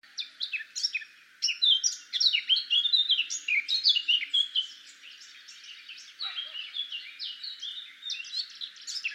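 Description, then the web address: Eurasian blackcap warbling: quick, jumbled notes in a rich outpouring, loudest in the first half, then continuing more softly in scattered twittering phrases. "SETE Sylvia atricapilla"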